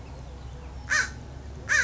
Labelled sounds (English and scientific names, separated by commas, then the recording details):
American Crow (Corvus brachyrhynchos)
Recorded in Sonoma County, California